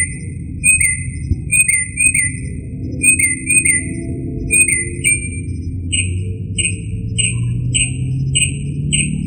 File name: kicauan-burung-northern-mockingbird -omkicau